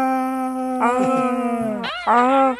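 A loud, drawn-out human yell, held on one strained tone that swells and then bends upward, followed after a brief break by a second shorter, higher yell. No other talking.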